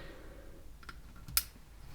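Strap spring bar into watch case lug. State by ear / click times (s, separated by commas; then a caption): seated / 1.4 s. The spring bar on a new strap is pushed underneath between the lugs of an Emporio Armani watch and wiggled, with faint small ticks around 0.8–0.9 s and 1.3 s. At 1.4 s, one sharp, bright click sounds as the pin end snaps into the lug hole, seating the strap on the watch case.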